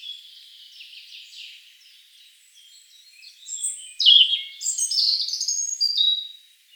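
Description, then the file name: European robin song opens with faint high twittering, then a loud burst of sharp descending whistles and rapid warbling notes in the second half. "Erithacus rubecula"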